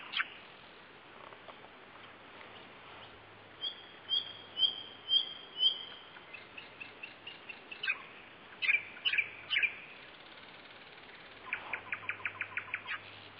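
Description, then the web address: Common nightingale song: a crescendo of repeated piping whistles, varied loud phrases, then a fast rhythmic run of rapid notes, with constant background hiss. Singing in May 2007 at the mouth of the Salanka river. "rossignol-chant-du-rossignol-en-mai-2007-a-lembouchure-de-la-riviere-salanka"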